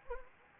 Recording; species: mosquito wingbeat signal from an infrared sensor; Anopheles arabiensis